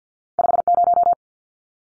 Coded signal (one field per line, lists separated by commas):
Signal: Morse code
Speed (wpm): 50 wpm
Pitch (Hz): 700 Hz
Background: none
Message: 50